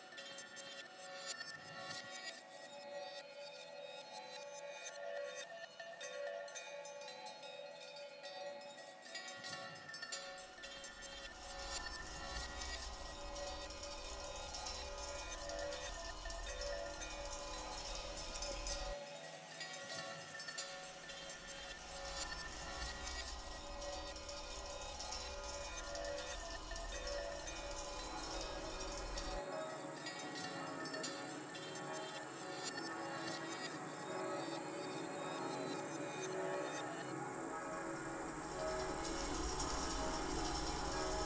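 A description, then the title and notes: Bells ring continuously in a village, with overlapping metallic tones and sustained ringing layered densely throughout. A low rumble comes and goes, strongest around ten to nineteen seconds and again after twenty-nine seconds, and the sound grows slightly louder toward the end. The material used for this very short dreamscape features church bells and cowbells recorded while hiking in two small villages in Bavaria: Roßhaupten and Oberaudorf respectively.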